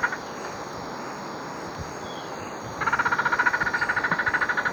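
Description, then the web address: Dusky Spinetail call: a fast, even series of buzzy pulsed notes that starts partway through and runs steadily to the end, over constant background noise. Recorded in Ecuador. "Birds of Ecuador 2-05 Dusky Spinetail"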